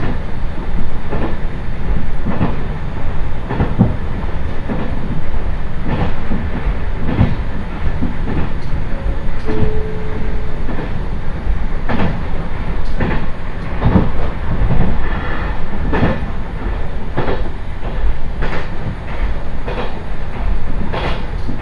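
A single-car railbus on a local train rolls along with a steady low rumble throughout. Sharp wheel clicks and thumps recur every second or two, a clickety-clack rhythm over the rails, with a brief faint tone near ten seconds.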